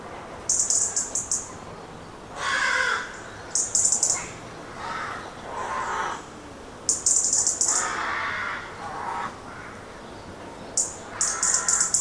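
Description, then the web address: Rooks cawing, harsh broad calls repeated in loose bursts over a steady background rush. Many rooks in trees, traffic-free background. "Hollywood Edge Historical Series. Rooks in Trees"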